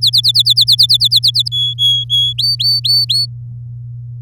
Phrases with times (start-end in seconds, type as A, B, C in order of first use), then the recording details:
0.01-1.48 A, 1.51-2.33 B, 2.38-3.26 C. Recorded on 9 May 2018 at 12:01. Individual llb16